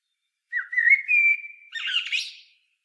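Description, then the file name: Common blackbird giving a single song phrase: a steady, slightly rising fluted whistle that ends in a brief burst of high, scratchy twittering. "Turdus merula"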